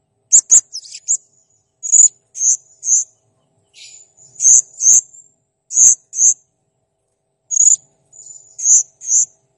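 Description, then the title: Blue-crowned hanging parrot producing a series of piercing high chirps, mostly in pairs, separated by short pauses. Training recording for cage songbirds; actively singing (gacor) and clear. "Masteran Burung Serindit Masteran Serindit Gacor Jernih"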